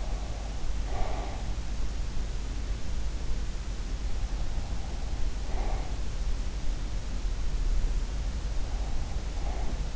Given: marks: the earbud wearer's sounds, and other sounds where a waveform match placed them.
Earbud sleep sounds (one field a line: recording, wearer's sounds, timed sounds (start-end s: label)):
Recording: sounds in sleep by an in-ear microphone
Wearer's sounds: breath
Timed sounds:
0.00-1.51 s: breath